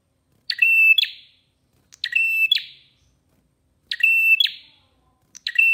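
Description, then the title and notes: Prinia repeating a quick song phrase, clicks followed by a flat whistle and a fading buzz, about every one and a half to two seconds. Long-duration training song (masteran) for birds, intended as therapy. "Masteran Terapi Prenjak Durasi Panjang. Burung Prenjak"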